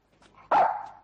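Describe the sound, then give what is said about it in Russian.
A single loud dog bark from a shaggy dog leaping out of the opened door of a Mi-2 helicopter bursts out suddenly after a quiet moment, its tone ringing on and trailing off over about half a second. “Из открывшейся двери вертолета Ми-2 выскакивает лохматый пес.”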